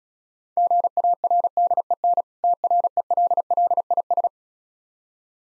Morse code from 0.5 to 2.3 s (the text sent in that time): GARDEN